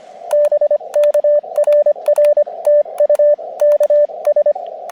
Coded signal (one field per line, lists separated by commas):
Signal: Morse code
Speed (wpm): 26 wpm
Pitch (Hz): 590 Hz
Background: radio noise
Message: BK RR TU KS